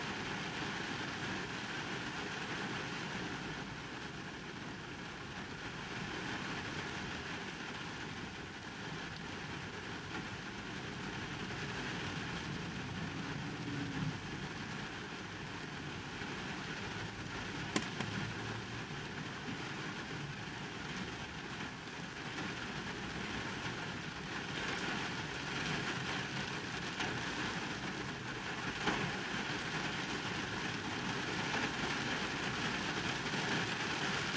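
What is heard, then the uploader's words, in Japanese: Heavy rain drums steadily on a car roof heard from inside the empty cabin, a dense, even wash of patter with a low hum underneath. The level barely changes throughout, broken only by a sharp tap near 18 seconds and another around 29 seconds. とある日の雨の日の車内。無人の車内で録った音です。大雨の日に人のいない車内ではどんな音がしてるのかなと思って録ってみました。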